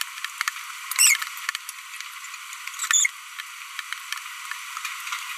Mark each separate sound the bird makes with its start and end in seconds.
0.91-1.16, 2.73-3.17